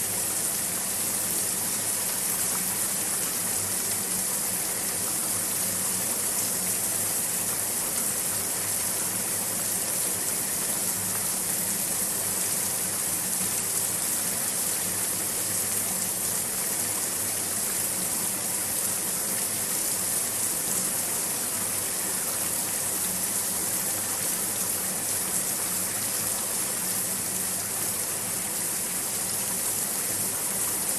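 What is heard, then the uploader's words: A shower runs steadily, a dense, even hiss of falling water with most of its weight in the bright upper range. The level holds constant for the full half minute, with no pauses or distinct events, only a faint low hum beneath the spray. SHOWER AMBIENT NOISE. This ambient noise for relaxation, spa and focus is a recording of a shower.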